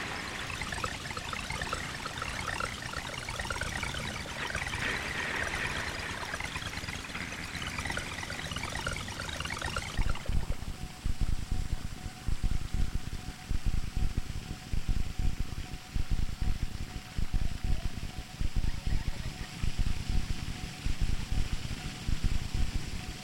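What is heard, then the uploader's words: Splashing fountain water fills the first ten seconds with a dense, bright, steady rush. Then it cuts abruptly to a sparser, processed texture of low thumping pulses and crackles, with a thin sustained tone running underneath until the end. Excerpt from improvised sound performance at Institute of Visual Art, Milwaukee, WI. Live processing of the sound of a water fountain located in a public plaza was mixed together with field recordings and synthesizer sequences to create an ambient soundscape that was performed and played back in the same public space.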